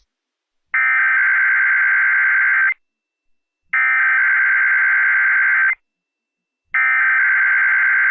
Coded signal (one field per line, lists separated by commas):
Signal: Emergency Alert System (SAME) tones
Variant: header bursts